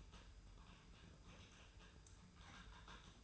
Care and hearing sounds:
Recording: daily activity, microphone in the room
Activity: typing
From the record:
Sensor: 2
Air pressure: 990.8 hPa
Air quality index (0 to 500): 144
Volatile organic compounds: 297 ppm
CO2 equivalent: 4474 ppm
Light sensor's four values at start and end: 27/68/27/28 and 27/68/27/28

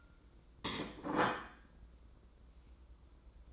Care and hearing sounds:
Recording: daily activity, microphone in the room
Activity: place plate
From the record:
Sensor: 3

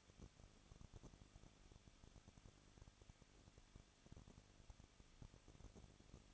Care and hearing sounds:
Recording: daily activity, microphone in the room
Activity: no activity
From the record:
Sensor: 4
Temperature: 23.1 degrees Celsius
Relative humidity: 34.3%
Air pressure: 1007.2 hPa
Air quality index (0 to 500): 214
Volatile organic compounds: 14 ppm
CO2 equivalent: 2463 ppm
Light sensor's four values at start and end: 2/3/1/1 and 2/3/1/1

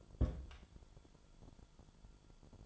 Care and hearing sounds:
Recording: daily activity, microphone in the room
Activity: place on stove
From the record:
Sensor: 5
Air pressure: 1008.2 hPa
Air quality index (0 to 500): 129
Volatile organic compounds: 2 ppm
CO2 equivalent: 988 ppm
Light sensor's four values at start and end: 30/66/28/28 and 31/66/28/28

